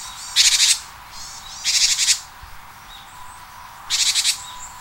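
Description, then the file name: Japanese tit calling in three bursts of rapid harsh buzzy notes, each burst about half a second, spaced over roughly four seconds. "sijuukara"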